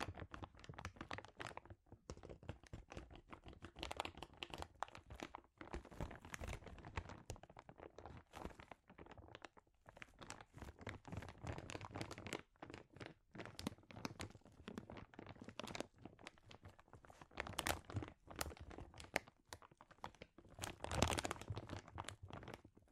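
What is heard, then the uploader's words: Crinkling plastic or foil, handled continuously for the whole stretch with dense, irregular bursts of crackle. The sound is bright and papery, broken by brief quiet gaps, with a few louder crunching squeezes around 4, 18 and 21 seconds. ASMR Sensitive Crinkles (No Talking).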